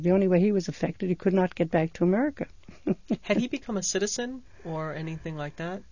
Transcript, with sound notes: The only way he was affected, he could not get back to America. (she laughs)
Had he become a citizen or anything like that?